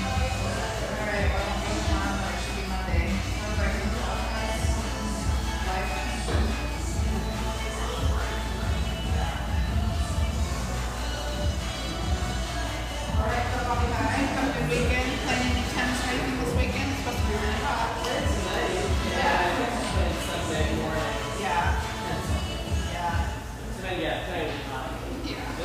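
Lively chatter from a spacious tea room: many overlapping voices form a dense, steady murmur with a constant low hum underneath.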